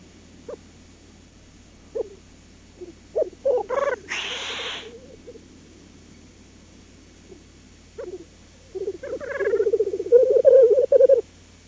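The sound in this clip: Black grouse: scattered soft notes, then one sharp sneezing hiss, followed after a pause by a long bubbling coo.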